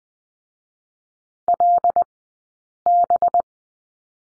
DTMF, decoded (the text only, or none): none